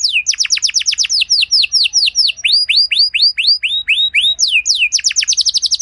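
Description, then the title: Belgian canary song of clear, downward-swooping notes delivered in quick rhythmic runs, slowing slightly midway before a fast trill at the close. Song with luxurious phrasing, played to warm up other canaries so they answer at once and sing at length. "Canto Para Esquentar Canário Belga. Suara Burung Kenari Lagu dan Cengkok Mewah Buat Kenari Lain Bakal Langsung Nyaut Gacor Panjang"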